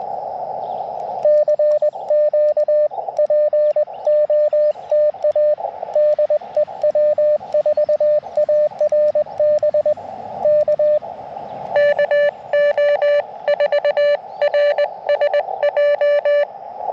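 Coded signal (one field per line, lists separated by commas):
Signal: Morse code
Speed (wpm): 21 wpm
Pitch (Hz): 600 Hz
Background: radio noise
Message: CQ POTA DE W4ARB K KO4RSJ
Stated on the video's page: QRP CW Parks on the Air activation on 30 meters with an Elecraft KX2, paddle key and end-fed half-wave antenna.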